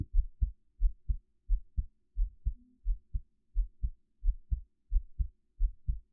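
Heart. A normal adult heartbeat, picked up with a 3Dio binaural microphone.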